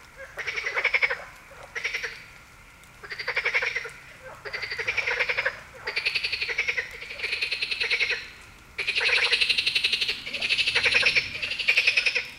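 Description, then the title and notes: Marsh frog calling repeatedly, rattling pulsed croaks in bouts of about a second, separated by short gaps. Heviz, Hungary. "Heviz, Grenouille rieuse. Hungary, Heviz, frog"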